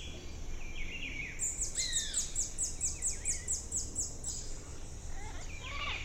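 Rufous-throated sapphire giving a rapid, even series of high, thin chipping notes for about three seconds, with lower descending whistles and a constant low rumble.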